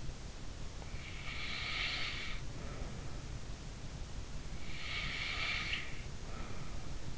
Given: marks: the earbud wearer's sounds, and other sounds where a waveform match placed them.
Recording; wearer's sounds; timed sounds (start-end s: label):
sounds in sleep by an in-ear microphone; breath
1.26-3.40 s: breath
4.60-7.17 s: breath